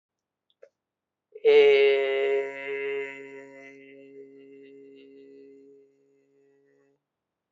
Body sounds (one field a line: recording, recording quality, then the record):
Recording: sustained vowel as in made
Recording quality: excellent, no background noise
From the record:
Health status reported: exposed to COVID-19, no respiratory illness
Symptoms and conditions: none ticked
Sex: male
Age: 29 years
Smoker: not ticked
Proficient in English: yes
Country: India